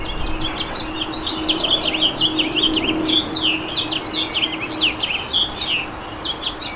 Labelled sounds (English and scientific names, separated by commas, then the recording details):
House Finch (Haemorhous mexicanus) song
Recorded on Long Island, New York, on 10 June 2012
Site GW
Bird C